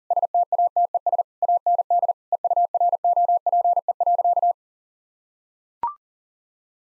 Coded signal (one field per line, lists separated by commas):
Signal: Morse code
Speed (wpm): 37 wpm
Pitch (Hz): 700 Hz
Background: none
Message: STATES AND EUROPE.